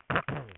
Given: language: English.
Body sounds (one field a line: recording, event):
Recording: throat vibration sensor signal played as sound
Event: throat clearing